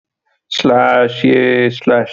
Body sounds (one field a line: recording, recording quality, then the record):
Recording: sustained vowel as in made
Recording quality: excellent, no background noise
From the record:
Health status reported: healthy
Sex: male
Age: 37 years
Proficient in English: yes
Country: India